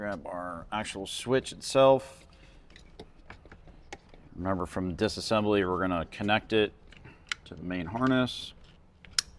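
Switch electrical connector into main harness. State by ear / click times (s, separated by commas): seated / 9.2 s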